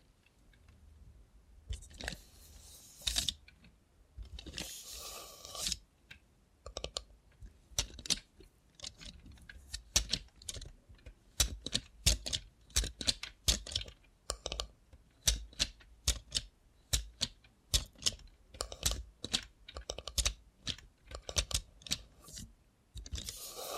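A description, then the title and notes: A robot hand makes ASMR sounds: sharp, crisp clicks and taps that resemble typing on a keyboard. The first few seconds hold longer scraping, rustling bursts, then quick irregular taps follow steadily to the end over a quiet low hum. Try ASMR with a Robot Hand (No Talking).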